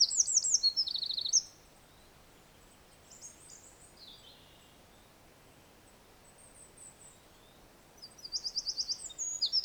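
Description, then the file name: Eurasian wren song: short bursts of shrill, rapid trilled notes at the start and end, with only faint high notes and hiss between. "Troglodytes troglodytes"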